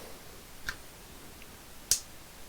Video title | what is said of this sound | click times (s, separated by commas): Just Add Lightness headset review and so counter. | and here that little click that locks it in place | 1.9 s